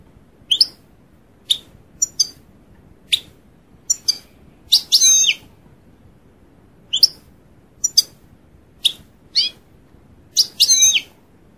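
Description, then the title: European goldfinch calls: scattered high chirps at uneven gaps, broken twice by a longer, slurred, twittering phrase. "Chant Chardonneret"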